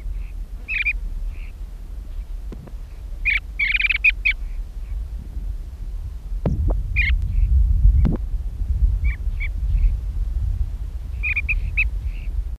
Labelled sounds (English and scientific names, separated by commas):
Spike-heeled Lark (Chersomanes albofasciata) call